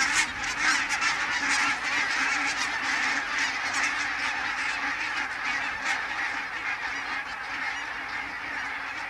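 A dense flock of geese honks continuously, many overlapping nasal calls forming a loud, steady clamor that barely lets up for the whole stretch, with no voices present.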